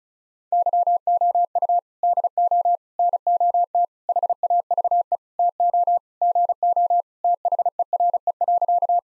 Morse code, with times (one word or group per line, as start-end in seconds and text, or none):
0.5-1.8 YOU
2.0-2.8 DO
3.0-3.9 NOT
4.1-5.2 HAVE
5.4-6.0 TO
6.2-7.0 GO
7.2-9.0 THERE.